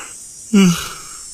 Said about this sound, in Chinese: 没干嘛呀，睡着了。他含含糊糊地打了个哈欠。